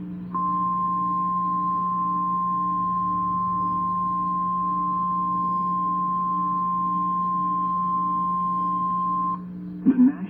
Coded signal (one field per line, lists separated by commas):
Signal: Emergency Alert System (SAME) tones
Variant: 1050 Hz attention tone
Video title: EAS#136 Severe Thunderstorm Warning on KIH27 in Tulsa, OK (10/15/2022).